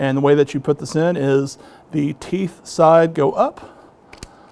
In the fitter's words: Teeth side go up, and then that snaps into place.